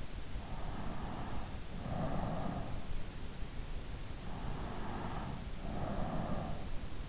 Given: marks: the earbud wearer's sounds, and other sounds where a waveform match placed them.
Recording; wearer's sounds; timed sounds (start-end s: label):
sounds in sleep by an in-ear microphone; breath, snoring breath
0.33-2.90 s: breath
4.30-7.09 s: snoring breath